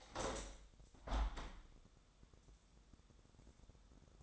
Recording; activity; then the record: daily activity, microphone in the room; open window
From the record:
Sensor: 3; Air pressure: 1000.5 hPa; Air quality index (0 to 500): 173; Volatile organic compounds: 3 ppm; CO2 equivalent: 1497 ppm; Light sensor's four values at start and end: 13/35/14/15 and 14/37/14/16